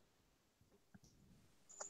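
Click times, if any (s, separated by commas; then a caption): 1.8 s. A red locking piece is pushed into the end of a steel RC car center drive shaft as part of its key system. After a few faint taps, a single sharp click at 1.8 s shows it has locked into place.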